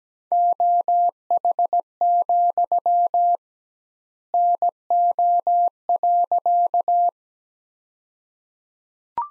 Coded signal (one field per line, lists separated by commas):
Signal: Morse code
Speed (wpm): 17 wpm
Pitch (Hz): 700 Hz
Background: none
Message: OH, NO.